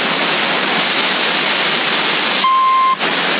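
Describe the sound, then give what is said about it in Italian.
A steady background hiss runs throughout, then a single flat, high-pitched censorship bleep cuts in for about half a second near the end before the hiss continues. “Mettono il bip come se magari dicessi parolacce, roba del genere.”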